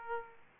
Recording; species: mosquito wingbeat signal from an infrared sensor; Aedes aegypti